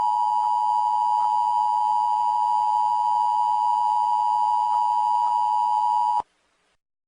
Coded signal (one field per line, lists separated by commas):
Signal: Emergency Alert System (SAME) tones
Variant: 853 and 960 Hz attention tone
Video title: EAS Scenario: Seaside Heights Explosion